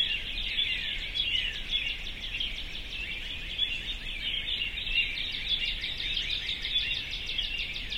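Crowded bird chorus, steady high chattering and trilled notes overlapping throughout with only gentle changes in loudness.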